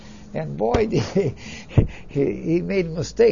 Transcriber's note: laughs